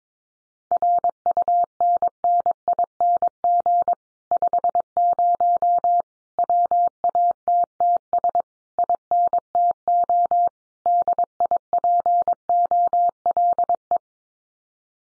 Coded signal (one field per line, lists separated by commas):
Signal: Morse code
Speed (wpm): 22 wpm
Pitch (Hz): 700 Hz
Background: none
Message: RUNNING 50 WATTS INTO DIPOLE